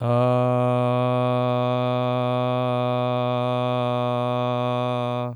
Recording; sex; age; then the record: sustained vowel /a/; male; 30 to 39 years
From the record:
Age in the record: 30 years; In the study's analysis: included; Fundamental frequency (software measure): 124 Hz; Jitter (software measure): 0.24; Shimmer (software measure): 0.70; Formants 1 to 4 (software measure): 639 Hz, 1172 Hz, 2429 Hz, 3471 Hz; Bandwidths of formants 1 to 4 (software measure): 124 Hz, 124 Hz, 119 Hz, 278 Hz